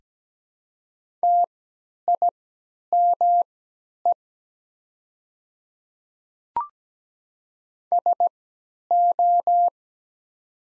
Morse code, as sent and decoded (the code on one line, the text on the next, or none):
- .. -- . / ... ---
TIME SO